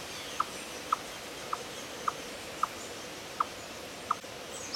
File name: Tamias striatus